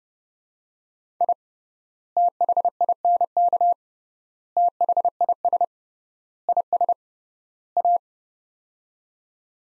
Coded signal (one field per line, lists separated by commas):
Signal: Morse code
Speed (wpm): 30 wpm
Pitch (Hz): 700 Hz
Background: none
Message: I THINK THIS IS A